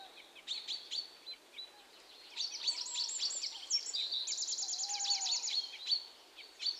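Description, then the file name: European robin song of high, thin, varied whistled phrases with a fast buzzy trill in the middle, a faint lower whistle beneath and a quiet hiss throughout. "Erithacus rubecula"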